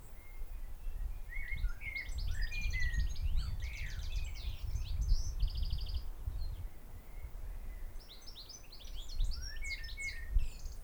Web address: Holiday 2001 in France birds at Auquainville down the hill